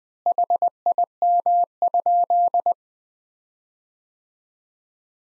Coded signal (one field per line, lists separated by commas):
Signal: Morse code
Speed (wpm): 20 wpm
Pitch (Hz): 700 Hz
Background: none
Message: HIM?